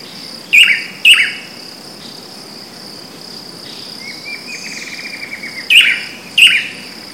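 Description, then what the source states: Swallow-tailed manakin calling in sharp paired downslurred notes at start and end, a buzzy rattling trill in between, and a constant high insect hum. Recorded in Parque Estadual da Cantareira, São Paulo, Brazil, on 19 January 2013 with a minisony.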